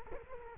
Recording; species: mosquito wingbeat signal from an infrared sensor; Culex quinquefasciatus